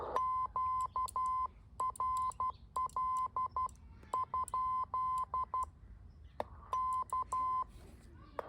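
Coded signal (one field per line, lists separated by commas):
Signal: Morse code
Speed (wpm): 12 wpm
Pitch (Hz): 1030 Hz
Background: none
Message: QRL? K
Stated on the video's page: QRP backyard portable CW attempt with MFJ-9040 rig, MFJ-971 tuner, battery power, MFJ keyer and a short 40 m vertical.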